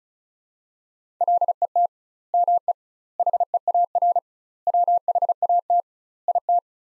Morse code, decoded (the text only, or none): LET ME HEAR WHAT IT